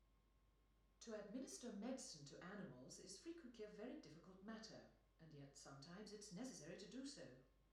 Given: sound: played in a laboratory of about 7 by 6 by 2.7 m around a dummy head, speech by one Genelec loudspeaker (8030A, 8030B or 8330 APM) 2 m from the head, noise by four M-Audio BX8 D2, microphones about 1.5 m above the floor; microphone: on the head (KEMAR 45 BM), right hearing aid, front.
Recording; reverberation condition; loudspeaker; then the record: female speech in English; medium; behind (180 degrees)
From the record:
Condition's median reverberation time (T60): about 510 ms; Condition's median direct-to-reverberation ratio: about -0.5 dB